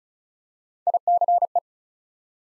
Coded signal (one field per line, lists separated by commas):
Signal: Morse code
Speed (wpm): 36 wpm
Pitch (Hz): 700 Hz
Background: none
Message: ICE